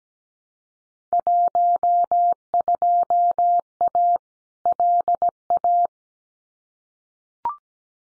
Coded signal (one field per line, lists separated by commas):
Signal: Morse code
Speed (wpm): 17 wpm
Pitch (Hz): 700 Hz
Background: none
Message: 12A LA